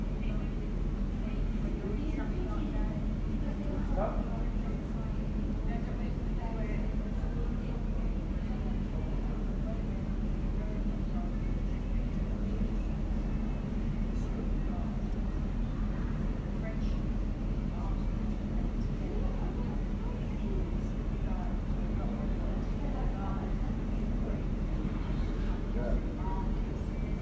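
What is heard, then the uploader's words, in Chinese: An air conditioner's outdoor unit drones steadily in a courtyard, a low, unchanging hum that fills the whole recording. Voices in conversation drift through, coming and going in loose bursts over the hum, with no sudden loud events. 午后 空调外机 院子 交谈声。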